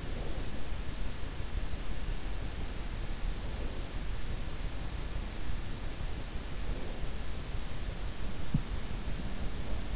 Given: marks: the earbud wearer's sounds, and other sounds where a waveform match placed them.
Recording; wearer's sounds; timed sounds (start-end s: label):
sounds in sleep by an in-ear microphone; breath
0.00-0.85 s: breath